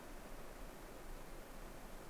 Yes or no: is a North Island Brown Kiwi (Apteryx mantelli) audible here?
no